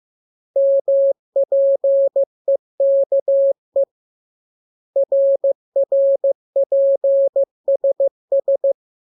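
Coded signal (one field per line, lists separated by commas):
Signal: Morse code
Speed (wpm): 15 wpm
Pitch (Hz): 550 Hz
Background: none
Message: MPEKE RRPSS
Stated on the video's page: Morse lesson drill for letters KMURESNAPT, opened with VVV and a section sign, closed with AR.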